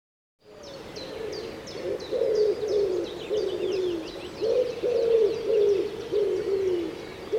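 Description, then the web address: Common Wood Pigeon song, a run of deep rhythmic coos repeated phrase after phrase, with quick high-pitched chirping mixed in. "cianscape birddata Deverinetal 2025 Bird Co Pa Co Pa 1"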